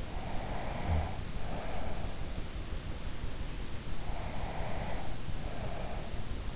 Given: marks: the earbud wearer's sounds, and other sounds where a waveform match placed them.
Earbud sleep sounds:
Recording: sounds in sleep by an in-ear microphone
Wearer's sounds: breath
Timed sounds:
0.13-2.29 s: breath
4.12-6.31 s: breath

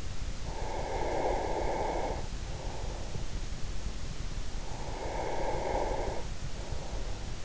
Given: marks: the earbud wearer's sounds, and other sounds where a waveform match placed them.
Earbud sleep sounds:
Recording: sounds in sleep by an in-ear microphone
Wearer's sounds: breath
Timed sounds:
0.11-3.56 s: breath
4.40-7.45 s: breath

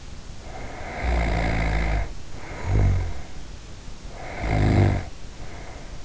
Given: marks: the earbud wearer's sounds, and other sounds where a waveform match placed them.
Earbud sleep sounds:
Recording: sounds in sleep by an in-ear microphone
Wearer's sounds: snoring breath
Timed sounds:
0.36-3.48 s: snoring breath
4.07-6.05 s: snoring breath

